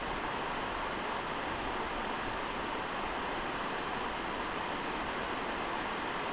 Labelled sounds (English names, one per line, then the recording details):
none
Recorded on Arctic tundra, site NAIT-1, on 29 June 2018
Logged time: 01:00